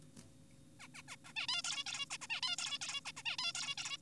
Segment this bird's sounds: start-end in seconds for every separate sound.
0.80-0.88, 0.94-1.02, 1.08-1.16, 1.25-1.33, 1.36-1.46, 1.48-1.62, 1.64-1.84, 1.86-2.06, 2.10-2.17, 2.22-2.27, 2.30-2.41, 2.43-2.56, 2.58-2.78, 2.82-3.01, 3.06-3.12, 3.17-3.23, 3.26-3.37, 3.39-3.52, 3.55-3.75, 3.78-3.97